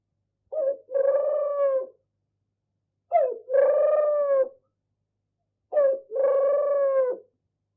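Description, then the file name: Turtle dove with three low, purring coos, each a quick lead note joined to a slightly wavering drawn-out tone, spaced about two and a half seconds apart. "Animal Turtle-Dove"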